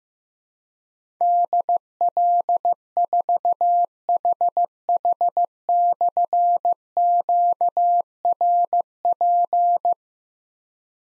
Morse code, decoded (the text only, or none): DL4HH/QRP